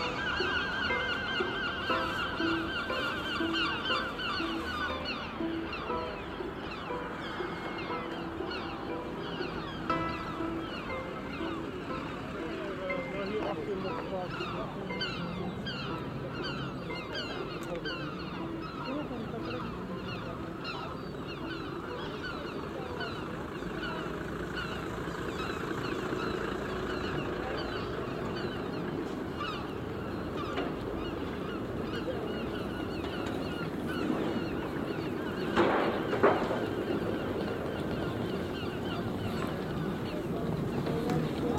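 A city square in Rotterdam, filled with a dense, steady murmur of many overlapping voices and chatter throughout. Bird-like honking calls sound through the crowd, and a brief sharp clatter stands out around the 35-second mark.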